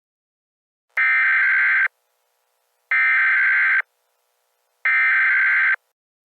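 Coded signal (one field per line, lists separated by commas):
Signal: Emergency Alert System (SAME) tones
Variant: header bursts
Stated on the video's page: Fictional EAS scenario.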